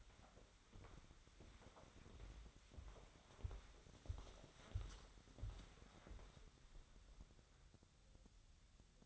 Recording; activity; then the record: daily activity, microphone in the room; walk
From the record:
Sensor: 3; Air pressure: 1015.3 hPa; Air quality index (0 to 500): 132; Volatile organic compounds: 6 ppm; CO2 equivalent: 1874 ppm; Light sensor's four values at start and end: 14/38/15/16 and 14/37/14/15